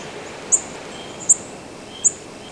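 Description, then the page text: Black-throated green warbler flight calls: three very high, thin, short notes, each under a second apart, over a steady soft background hiss. Diurnal flight calls, given during migration. "Black-throated Green Warbler diurnal flight calls. New York August 17, 1989 (WRE)"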